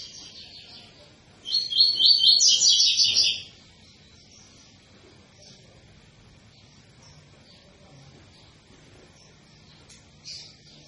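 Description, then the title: Double-collared seedeater song, a short burst of loud rapid repeated chirps lasting about two seconds, then long near-silence with faint notes. Tui-tui song style from a 'fibra' coleiro; a teacher song for training young birds. "COLEIRO TUI TUI FIBRA CANTO PROFESSOR"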